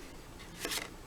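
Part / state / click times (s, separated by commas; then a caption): lint ring onto the vacuum cleaner body / not seated / none. A plastic lint ring is handled and fitted onto the housing of a Hoover Air Steerable Vac vacuum cleaner during reassembly. A quiet low background gives way to a brief broadband scraping rustle around 0.6–0.8 s, with short ticks near 0.8 s and 1.1 s. Nothing has seated or clicked yet; the ring is not yet locked into place.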